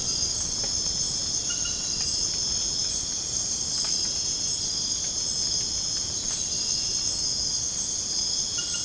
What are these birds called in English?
none